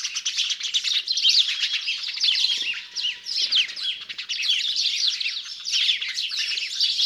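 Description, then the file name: House sparrows chirping, a dense, continuous chatter of many overlapping calls that swells and dips throughout. "Passer domesticus"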